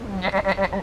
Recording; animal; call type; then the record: contact call of a hoofed animal; goat; low-frequency (closed-mouth) or high-frequency (open-mouth) call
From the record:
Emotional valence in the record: negative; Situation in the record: short social isolation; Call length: 0.83 s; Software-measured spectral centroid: 1690 Hz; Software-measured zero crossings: 1780 a second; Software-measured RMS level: -24 dBFS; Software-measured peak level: -11 dBFS